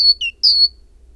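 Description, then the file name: Great tit song fragment: a high whistled note, a lower slurred note, then a longer high whistle. "Parus major"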